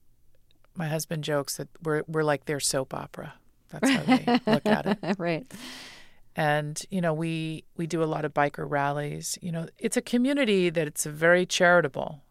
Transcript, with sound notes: My husband jokes that we're like their soap opera. That's how they look at it.
(LAUGHTER)
Right.
And, you know, we do a lot of biker rallies. You know, it's a community that it's very charitable.